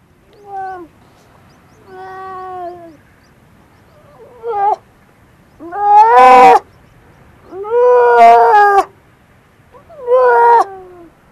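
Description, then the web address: Grey seal calls: short soft moans at first, then louder, harsher wails that build and waver, repeated every couple of seconds. "gray seal"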